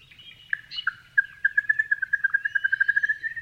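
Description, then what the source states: Grey-fronted honeyeater chirping: a few scattered chirps, then a rapid, even run of many short clipped notes at a steady pitch. Several grey-fronted honeyeaters chirping.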